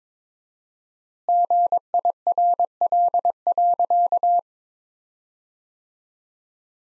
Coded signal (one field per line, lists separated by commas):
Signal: Morse code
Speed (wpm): 21 wpm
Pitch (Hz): 700 Hz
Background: none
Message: GIRL.